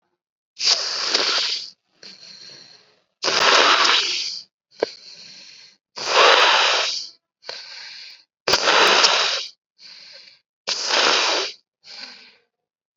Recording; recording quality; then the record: deep breathing; excellent, no background noise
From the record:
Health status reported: COVID-19 positive, mild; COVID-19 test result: positive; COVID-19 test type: rapid antigen test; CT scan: not taken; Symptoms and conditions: cold, fever, diabetes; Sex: female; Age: 39 years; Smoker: no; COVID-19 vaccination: both doses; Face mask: worn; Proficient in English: yes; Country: India